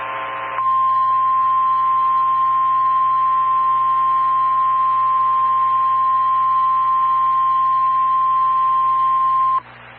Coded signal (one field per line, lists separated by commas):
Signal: Emergency Alert System (SAME) tones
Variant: 1050 Hz attention tone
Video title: KEC57 Required Weekly Test | June 11, 2025 (EAS #5)